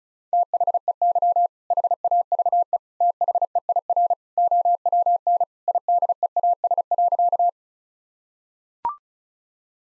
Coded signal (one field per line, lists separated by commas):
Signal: Morse code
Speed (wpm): 34 wpm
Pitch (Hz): 700 Hz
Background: none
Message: THEY HAVE THEIR OWN IDEAS.